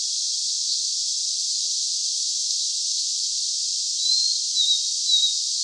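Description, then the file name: Blue-and-white flycatcher song: one short phrase of three thin whistled notes near the end, over a steady loud hiss. "Cyanoptila cyanomelana"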